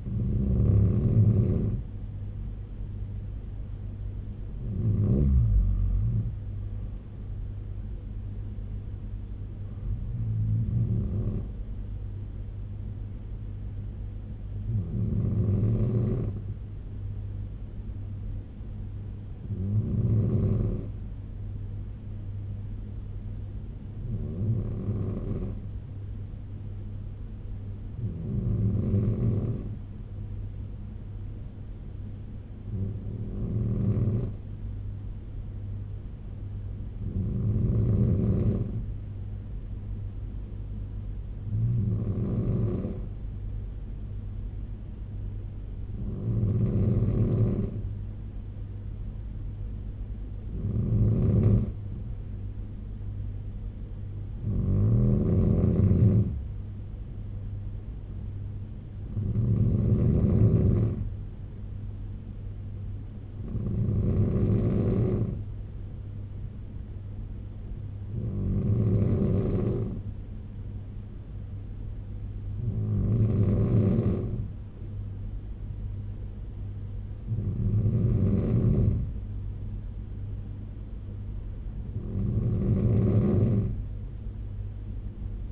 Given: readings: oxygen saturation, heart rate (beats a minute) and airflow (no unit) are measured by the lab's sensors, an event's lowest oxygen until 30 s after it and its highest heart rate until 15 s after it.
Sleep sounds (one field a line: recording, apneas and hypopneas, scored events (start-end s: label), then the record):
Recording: breathing in sleep by a smartphone at the bedside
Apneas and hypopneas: 1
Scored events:
18.00-46.00 s: hypopnea (N3, oxygen 96% highest, then 93% lowest, heart rate 65 at the start, 75 highest)
46.00-85.52 s: new sleep stage, N2 (light sleep)
From the record:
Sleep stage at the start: N3 (deep sleep)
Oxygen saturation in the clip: 93 to 96%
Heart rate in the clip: 65 to 78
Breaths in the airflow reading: 19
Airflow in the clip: -5.5 to 10.5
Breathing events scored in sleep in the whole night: 201 in 6.5 hours asleep